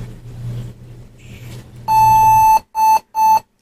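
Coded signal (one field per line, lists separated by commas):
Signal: beep code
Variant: HP laptop POST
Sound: low hum, then one long electronic beep followed by two short beeps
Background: low electrical hum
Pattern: 1 long, 2 short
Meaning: One long and two short beeps typically signal a video or display error at startup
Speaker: lebih bip hai one long beach and two short beep sampai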